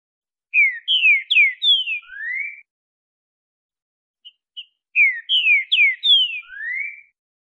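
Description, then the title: Green-winged saltator whistling two similar phrases of falling slurred notes, each ending in a longer rising whistle, with two brief chips between. Voice type 06, one of fourteen named song types of this species compiled together. "Canto De Trinca Ferro Voz 06. TODOS OS CANTOS DE TRINCA FERRO [14 tipos de canto de trinca ferro em um só vídeo]"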